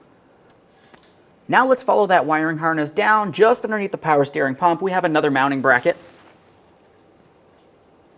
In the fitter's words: We're just going to swing that blue tab over, lock it in up against the line.